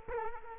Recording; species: mosquito wingbeat signal from an infrared sensor; Culex quinquefasciatus